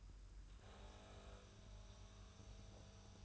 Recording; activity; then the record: daily activity, microphone in the room; make coffee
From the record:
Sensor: 2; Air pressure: 994.3 hPa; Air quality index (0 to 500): 209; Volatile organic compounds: 1000 ppm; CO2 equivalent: 6889 ppm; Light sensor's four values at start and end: 124/295/124/127 and 128/306/129/132